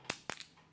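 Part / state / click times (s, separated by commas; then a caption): coin cell battery in a car key fob battery holder / released / 0.1 s, 0.3 s. A flathead screwdriver is slid under the side of a CR2032 coin cell in the plastic key fob of a 2010–2013 Acura ZDX and rocked to pry it. Sharp snaps ring out at 0.1 s and 0.3 s, followed by a fainter click, as the metal battery pops out of its clip and is released.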